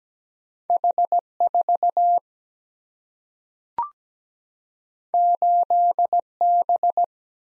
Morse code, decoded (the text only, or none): H4 8B